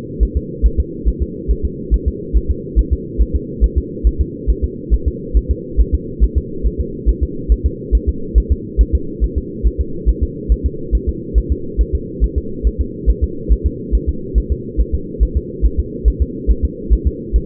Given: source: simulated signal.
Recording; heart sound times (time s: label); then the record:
fetal heart sounds
0.23 s: S1
0.37 s: S2
0.66 s: S1
0.80 s: S2
1.08 s: S1
1.22 s: S2
1.51 s: S1
1.65 s: S2
1.94 s: S1
2.08 s: S2
2.36 s: S1
2.51 s: S2
2.79 s: S1
2.93 s: S2
3.21 s: S1
3.36 s: S2
3.64 s: S1
3.78 s: S2
4.07 s: S1
4.21 s: S2
4.50 s: S1
4.64 s: S2
4.94 s: S1
5.08 s: S2
5.37 s: S1
5.51 s: S2
5.80 s: S1
5.95 s: S2
6.24 s: S1
6.38 s: S2
6.67 s: S1
6.81 s: S2
7.09 s: S1
7.23 s: S2
7.52 s: S1
7.66 s: S2
7.95 s: S1
8.09 s: S2
8.38 s: S1
8.52 s: S2
8.81 s: S1
8.95 s: S2
9.24 s: S1
9.38 s: S2
9.66 s: S1
9.81 s: S2
10.09 s: S1
10.23 s: S2
10.52 s: S1
10.66 s: S2
10.95 s: S1
11.09 s: S2
11.38 s: S1
11.52 s: S2
11.81 s: S1
11.95 s: S2
12.24 s: S1
12.38 s: S2
12.67 s: S1
12.81 s: S2
13.10 s: S1
13.24 s: S2
13.52 s: S1
13.66 s: S2
13.95 s: S1
14.09 s: S2
14.38 s: S1
14.52 s: S2
14.80 s: S1
14.95 s: S2
15.23 s: S1
15.37 s: S2
15.65 s: S1
15.80 s: S2
16.08 s: S1
16.22 s: S2
16.50 s: S1
16.65 s: S2
16.93 s: S1
17.07 s: S2
17.36 s: S1
From the record:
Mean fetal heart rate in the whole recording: 140 bpm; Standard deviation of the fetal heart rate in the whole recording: 2 bpm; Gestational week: 34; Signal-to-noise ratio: -4.3 dB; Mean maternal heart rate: 72 bpm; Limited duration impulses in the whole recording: absent